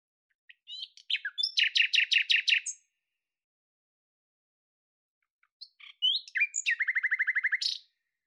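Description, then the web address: Bird singing two phrases separated by a pause, each ending in a rapid, rattling series of repeated high notes, with no other sounds. "Deverinetal 2025"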